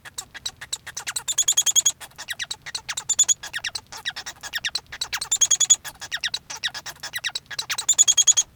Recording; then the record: song of a male Bengalese finch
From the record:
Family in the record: son of father 1